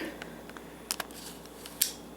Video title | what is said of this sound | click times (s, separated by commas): Nikon D3200 - Unboxing and Review! | Once you hear a click, you're all set. | 1.8 s